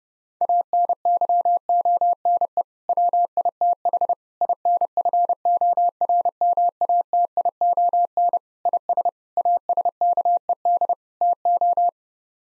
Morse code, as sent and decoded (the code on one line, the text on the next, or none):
.- -. -.-- --- -. . / .-- .. - .... / .. -. ..-. --- .-. -- .- - .. --- -. / .. ... / .- ... -.- . -.. / - ---
ANYONE WITH INFORMATION IS ASKED TO